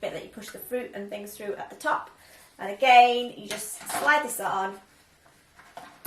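Someone talks while the plastic top piece with the feed chute for pushing fruit through is slid onto the body of a Tefal Infiny juicer. Two short knocks come near the end, at about 5.8 and 6.1 seconds. The lid is still being handled, and nothing has seated or clicked yet.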